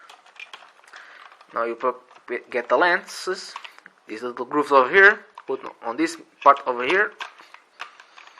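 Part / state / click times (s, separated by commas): plastic lens piece into toy blaster body / seated / 7.8 s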